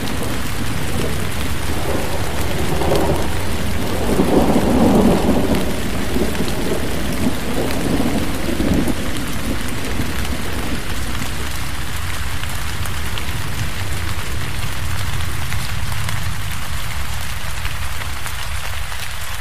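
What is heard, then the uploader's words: Steady forest rain hisses densely across the whole stretch, a close, even wash of drops. Between about three and nine seconds a low thunder rumble swells and rolls, loudest near five seconds, then fades back into the constant downpour. Forest Rain Sounds For Sleep | Thunderstorm White Noise.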